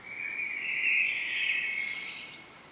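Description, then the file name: Common blackbird call: one continuous, slightly rough note that swells in loudness and then trails away, with faint background noise. "Turdus merula"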